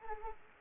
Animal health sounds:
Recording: mosquito wingbeat signal from an infrared sensor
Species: Anopheles arabiensis

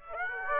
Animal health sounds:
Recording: mosquito wingbeat signal from an infrared sensor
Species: Aedes aegypti

